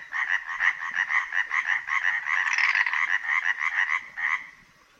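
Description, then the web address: European tree frog calling: quick, harsh rattling pulses in a series, fading out near the end. A high, drawn-out trill, the loudest voice among native amphibians; amplified by large throat resonators, audible several kilometres away; calling from dusk through the whole night. "Przyroda Tajemnice puszczy Rzekotka drzewna"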